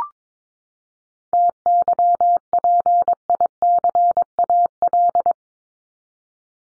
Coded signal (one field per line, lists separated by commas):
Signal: Morse code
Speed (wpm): 22 wpm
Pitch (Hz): 700 Hz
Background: none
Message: TYPICAL